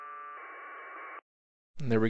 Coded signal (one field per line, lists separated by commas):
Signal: packet radio (AX.25, as in APRS)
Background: speech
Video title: SmartSDR Flex 6700 APRS 2M HowTo